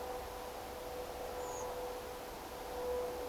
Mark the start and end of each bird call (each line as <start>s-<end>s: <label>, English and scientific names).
1.40s-1.64s: Redwing (Turdus iliacus)